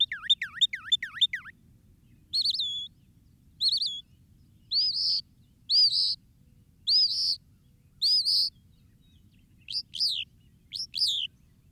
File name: Northern Mockingbird